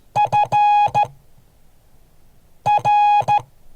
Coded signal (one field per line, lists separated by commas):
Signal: Morse code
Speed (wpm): 13 wpm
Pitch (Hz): 830 Hz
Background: none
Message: FR